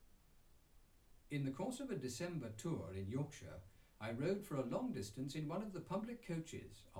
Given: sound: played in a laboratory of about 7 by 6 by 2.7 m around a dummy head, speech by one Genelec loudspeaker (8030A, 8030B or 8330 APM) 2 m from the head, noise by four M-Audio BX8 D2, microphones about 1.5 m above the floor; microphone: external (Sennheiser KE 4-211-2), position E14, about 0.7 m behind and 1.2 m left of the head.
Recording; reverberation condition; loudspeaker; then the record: male speech in English; low; 30 degrees to the right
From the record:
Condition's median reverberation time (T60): about 310 ms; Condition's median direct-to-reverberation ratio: about 3.5 dB